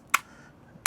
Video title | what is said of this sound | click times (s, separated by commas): NVP: Behind the Scenes - New DJI Neo2 Unboxing and Flight | And boom, it just snaps right into place just like that. | 0.2 s, 0.9 s